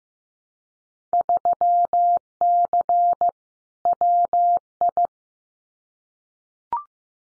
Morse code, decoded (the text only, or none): 3C WI